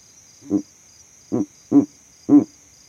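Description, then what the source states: Verreaux's eagle owl uttering a short series of four low, throaty hoots, the last three closer together, over a continuous high-pitched insect drone. Male advertising his territory from a tree in the savanna; captured overnight by a sound recording rig set up in that same tree.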